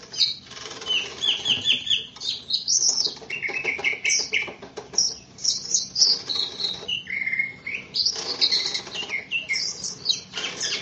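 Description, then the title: Greater green leafbird song, a lively jumble of high chirps, whistles and rattling notes in short bursts. "KICAU BURUNG CUCAK IJO"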